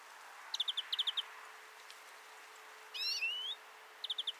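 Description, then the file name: European greenfinch calling, two quick series of four metallic ticking notes, then a single rising nasal swept call, then another short trill. "Chloris chloris"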